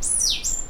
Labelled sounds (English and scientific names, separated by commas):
Stitchbird (Notiomystis cincta) song